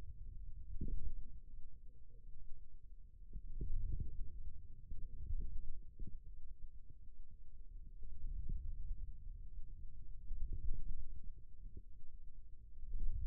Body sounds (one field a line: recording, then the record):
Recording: forearm muscle sounds (acoustic myography)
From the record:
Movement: wrist extension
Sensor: system 2, bracelet of six BSWA MPA416 microphones around the upper forearm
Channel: 3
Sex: male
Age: 22 years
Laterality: right